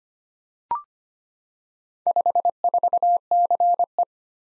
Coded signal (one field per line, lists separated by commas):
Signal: Morse code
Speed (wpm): 25 wpm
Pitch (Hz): 700 Hz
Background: none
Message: 54CE